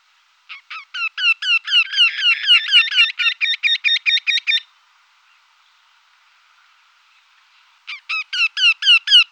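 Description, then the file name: Eurasian wryneck with a long run of nasal, falling notes that grow louder, a quiet gap, then another series begins, building in loudness. "torcicollo"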